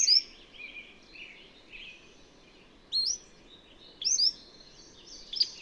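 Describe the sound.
Bird song: high whistled sweeping phrases at the start and twice more later, with soft warbling chatter between.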